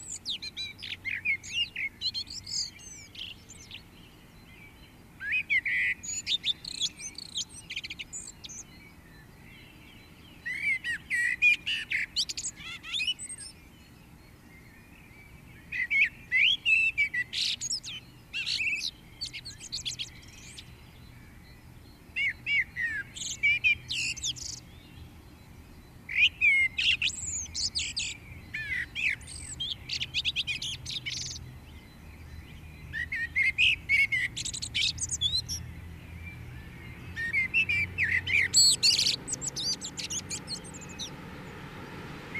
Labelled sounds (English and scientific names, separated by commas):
Common Blackbird (Turdus merula) song